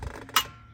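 A lawn mower is raised on a lift to its highest setting so the metal locking pins drop into the holes in the lift frame. After a low rumble, a single sharp metallic clank rings out at 0.4 s and fades. The locking pin seats into the frame hole and the lift locks at the top.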